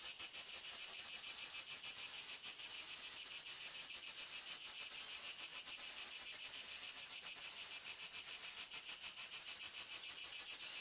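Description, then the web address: High-pitched cricket chirps pulse evenly and rapidly, around three and a half per second, forming an unbroken shrill chorus. "sonniss-gdc-audio crickets"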